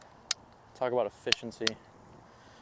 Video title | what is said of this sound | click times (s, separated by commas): Range Rat Ep 10 - I Have No Idea What I'm Doing | got some nice clicks there | 0.3 s